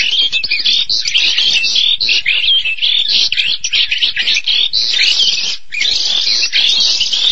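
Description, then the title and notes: Starling song: rapid scratchy babble with sharp whistled notes and rasping phrases, pausing briefly near the end before continuing. "suara burung jalak"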